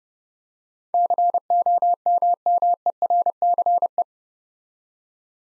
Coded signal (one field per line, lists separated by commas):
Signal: Morse code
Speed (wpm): 30 wpm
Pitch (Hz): 700 Hz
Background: none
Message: COMMERCE